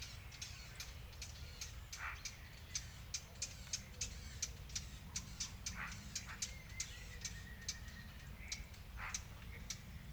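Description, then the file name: Eurasian blackcap uttering a long series of dry clicking tack notes, sometimes in quick pairs, with faint whistles from other birds and low rumble. "Sylvia atricapilla"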